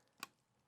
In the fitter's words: so you want to just push down until you hear the clicks and then it's in